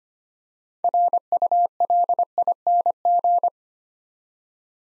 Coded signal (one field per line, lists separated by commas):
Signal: Morse code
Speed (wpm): 25 wpm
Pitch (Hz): 700 Hz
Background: none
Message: RULING